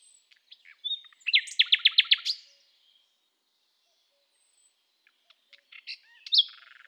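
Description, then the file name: Common nightingale song: a short burst of rapid, strong repeated notes after scattered clicks, then a pause and varied notes returning near the end. "Luscinia megarhynchos"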